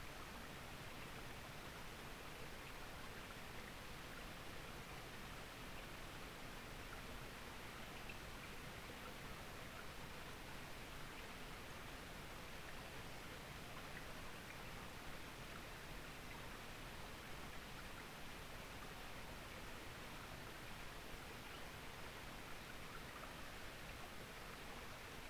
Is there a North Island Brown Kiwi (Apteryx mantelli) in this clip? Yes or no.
no